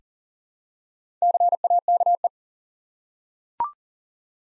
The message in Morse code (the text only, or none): CAKE